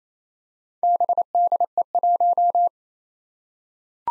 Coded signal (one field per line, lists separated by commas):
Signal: Morse code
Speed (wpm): 28 wpm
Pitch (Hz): 700 Hz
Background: none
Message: BDE1